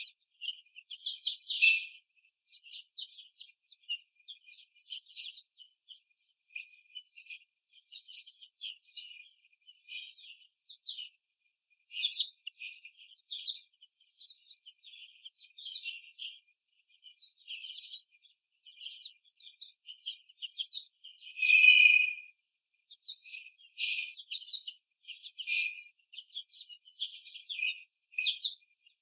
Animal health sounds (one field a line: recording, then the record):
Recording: young laying hens in a cage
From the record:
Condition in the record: before the stressor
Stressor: simulated dog barking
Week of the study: 3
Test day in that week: 1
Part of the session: 4